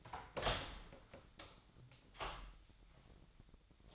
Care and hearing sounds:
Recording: daily activity, microphone in the room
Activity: open door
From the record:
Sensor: 3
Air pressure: 1009.2 hPa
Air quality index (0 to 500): 196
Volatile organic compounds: 4 ppm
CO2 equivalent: 1580 ppm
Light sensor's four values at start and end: 46/121/52/53 and 46/121/52/53

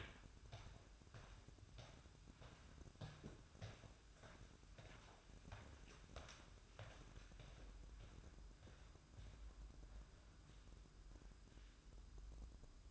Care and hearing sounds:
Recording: daily activity, microphone in the room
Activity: walk to room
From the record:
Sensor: 2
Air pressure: 1008.1 hPa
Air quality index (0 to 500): 117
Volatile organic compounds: 1 ppm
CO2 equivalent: 872 ppm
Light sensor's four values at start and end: 7/17/7/7 and 8/19/8/8

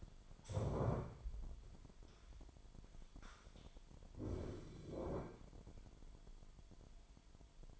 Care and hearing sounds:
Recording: daily activity, microphone in the room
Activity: stand up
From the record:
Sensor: 5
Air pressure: 998.7 hPa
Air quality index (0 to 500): 94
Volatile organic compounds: 2 ppm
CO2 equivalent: 1077 ppm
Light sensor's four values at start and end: 30/74/31/35 and 31/74/31/35

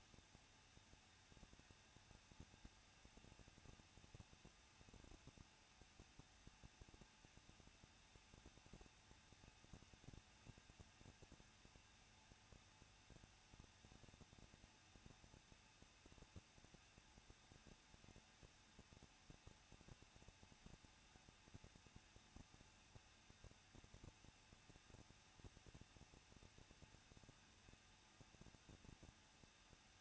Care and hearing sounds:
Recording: daily activity, microphone in the room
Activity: no activity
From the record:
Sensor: 2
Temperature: 21.0 degrees Celsius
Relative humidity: 37.5%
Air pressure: 1006.2 hPa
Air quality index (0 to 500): 223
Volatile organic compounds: 25 ppm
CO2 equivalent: 2825 ppm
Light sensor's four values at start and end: 2/3/2/2 and 2/3/2/2

